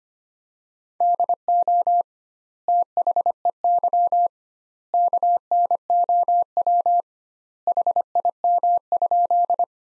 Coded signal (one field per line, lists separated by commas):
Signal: Morse code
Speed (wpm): 25 wpm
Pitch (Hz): 700 Hz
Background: none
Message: DO THEY KNOW HIM?